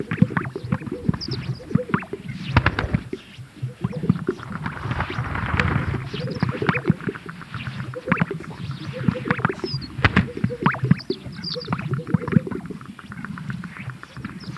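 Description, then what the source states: Greater sage-grouse chorus of low pops, gulps and bubbling notes from several birds, with swishing sounds and scattered high chirps over about fifteen seconds. Recorded at a lek.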